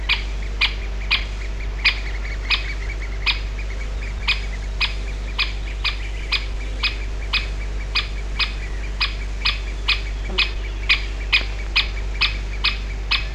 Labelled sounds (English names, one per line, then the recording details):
Great Spotted Woodpecker alarm call
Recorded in the wild
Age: adult
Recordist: Meyer, Hugo